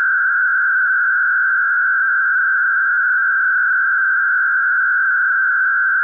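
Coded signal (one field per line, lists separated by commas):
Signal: MT63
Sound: steady dense warbling hiss-like tone block, unchanging for six seconds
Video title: Daily Minutes DATA - Use Fldigi - Set RxID on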